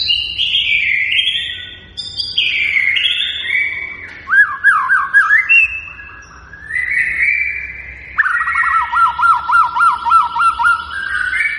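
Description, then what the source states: White-rumped shama song of fluty whistles sliding downward, then fast rolling trills and a long, rapidly repeated warble near the end. Lure recording meant to make the bird respond; described as a strongly singing bird.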